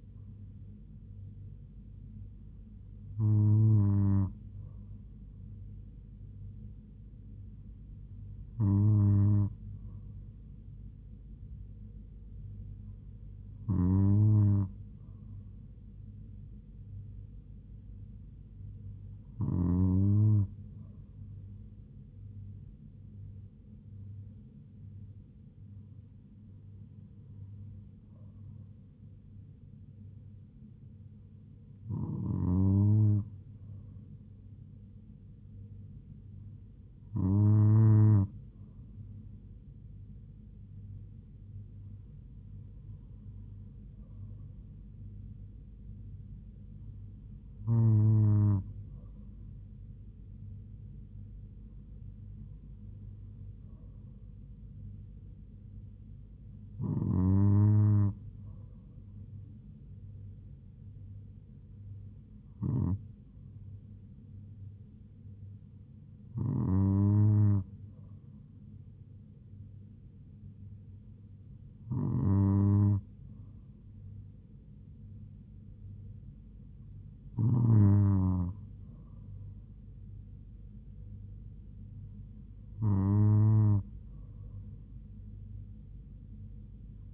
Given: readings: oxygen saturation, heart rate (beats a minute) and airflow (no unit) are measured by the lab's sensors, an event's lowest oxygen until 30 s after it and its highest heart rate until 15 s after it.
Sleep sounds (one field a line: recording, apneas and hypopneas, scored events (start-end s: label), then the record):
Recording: breathing in sleep by a smartphone at the bedside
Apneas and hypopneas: none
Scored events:
none scored
From the record:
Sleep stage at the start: N2 (light sleep)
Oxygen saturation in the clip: 96 to 97%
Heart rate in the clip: 71 to 77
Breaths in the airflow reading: 18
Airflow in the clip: -3.3 to 3.0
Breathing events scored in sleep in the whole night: 158 in 7.3 hours asleep